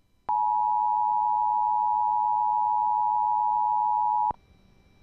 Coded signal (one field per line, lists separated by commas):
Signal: Emergency Alert System (SAME) tones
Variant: 853 and 960 Hz attention tone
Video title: (FOUND Safe) Terrifying Kentucky AMBER Alert (EAS #914)